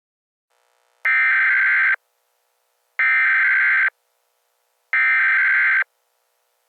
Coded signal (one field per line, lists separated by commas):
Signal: Emergency Alert System (SAME) tones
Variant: header bursts